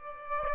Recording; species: mosquito wingbeat signal from an infrared sensor; Aedes aegypti